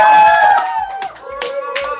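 A few slow, scattered hand claps, roughly four evenly spaced smacks, for the Sneak store in León during a live broadcast of the radio show Comic Manía, over a steady, humming tonal background rather than a full round of applause.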